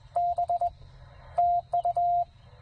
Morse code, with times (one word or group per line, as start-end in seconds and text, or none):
0.2-0.7 B
1.4-2.2 TU